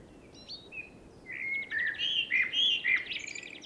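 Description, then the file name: Common blackbird song: a few thin high notes, then a loud mellow warbled phrase that breaks into bright twittering flourishes over faint background hiss. "Turdus merula"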